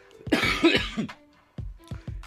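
A single harsh, noisy cough burst from an adult man, lasting under a second and made of a few quick expulsive pulses, followed by faint throat sounds in a small room. It is a persistent cough from bronchitis, first taken for a throat cold, and is being treated with bronchitis medicine.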